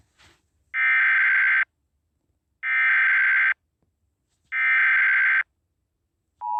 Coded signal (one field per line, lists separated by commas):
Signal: Emergency Alert System (SAME) tones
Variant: header bursts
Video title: (EAS #15) PDS TORNADO WARNING ON KALT FM